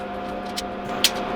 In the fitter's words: And locks into place. And locks that one into place. Awesome.